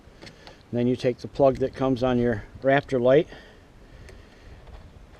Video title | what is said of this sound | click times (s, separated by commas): Ford F 150 Raptor Grill light install 2015-16 New plug & Play | plug the other end back into your parking lamp you'll hear the little clip snap | 0.3 s, 0.5 s